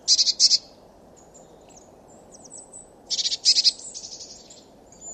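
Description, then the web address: Eurasian blue tit scolding call: two short buzzy, pulsed churrs at the start and another churring burst after three seconds, with thin high notes between. "cianscape birddata Deverinetal 2025 Bird Only Cy Ca"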